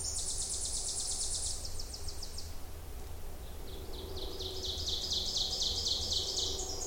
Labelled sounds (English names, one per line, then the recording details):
Ovenbird song
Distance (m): 40 m
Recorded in boreal forest in Alberta, Canada, on 26 May 2016 at 08:11
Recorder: SongMeter 3, array SBT-3-15
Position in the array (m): 53 m, 217 m
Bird 20